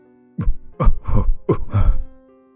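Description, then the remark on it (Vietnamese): An elderly man who is seriously ill has a drawn-out coughing fit: four or five harsh, rasping coughs in quick succession, each with a sharp burst and a groaning, voiced tail, fairly loud with no talking. “Vừa nói, ông cụ vừa ho lên những tiếng ho dài.”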